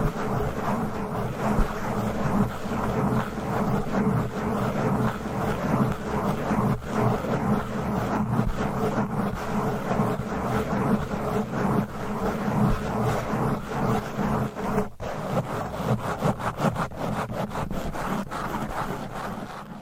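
Fast, aggressive scratching on a microphone runs the full twenty seconds, a dense rumbling rasp with heavy low-end thumping. Quick scrapes and knocks come in rapid, uneven strokes at a fairly constant level, with sharper hits around the fifteen-second mark and toward the end.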